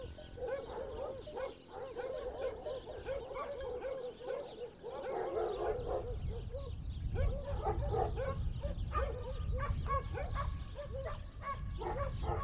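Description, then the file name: Dogs giving many fast barks over a low rumble that grows louder in the second half. Dogs recorded on Spetses. "Dogs and Goats Spetses"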